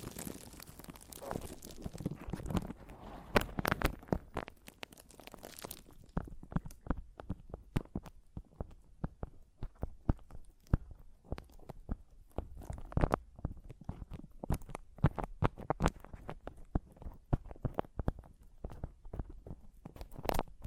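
Mic tapping and scratching: a dense rush of scratchy rubbing for the first six seconds, then irregular sharp taps and scrapes with short gaps.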